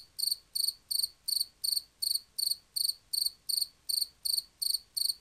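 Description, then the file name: Field cricket chirping, steady pulsed chirps repeating roughly every third of a second, even and unbroken, with little other sound. "markfårekylling"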